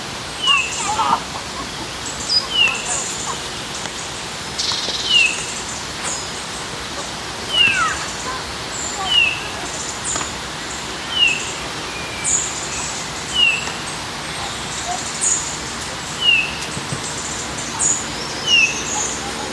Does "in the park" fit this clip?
yes